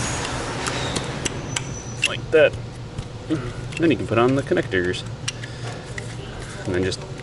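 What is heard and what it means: Someone talks while handling wiring harness connectors to push them onto reinstalled ignition coils, with scattered short sharp ticks and handling noise throughout. The clip ends before any connector goes home; nothing has seated or clicked yet.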